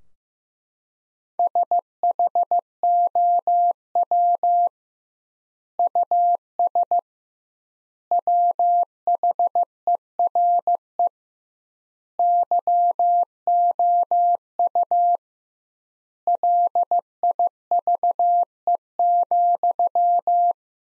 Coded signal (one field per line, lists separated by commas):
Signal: Morse code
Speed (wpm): 15 wpm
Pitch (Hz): 700 Hz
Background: none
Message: SHOW US WHERE YOU LIVE,